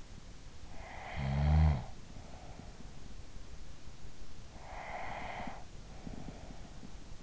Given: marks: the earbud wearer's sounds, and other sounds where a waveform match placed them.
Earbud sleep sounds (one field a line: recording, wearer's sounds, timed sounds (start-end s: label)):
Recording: sounds in sleep by an in-ear microphone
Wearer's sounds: snoring breath, breath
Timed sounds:
0.23-3.26 s: snoring breath
3.89-7.23 s: breath